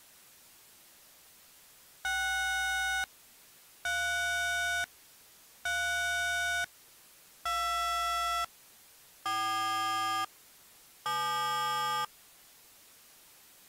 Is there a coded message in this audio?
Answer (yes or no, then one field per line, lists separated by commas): yes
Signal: DTMF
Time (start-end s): 2.0-12.1 s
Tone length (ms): 1020 ms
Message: 6 3 3 2 4 7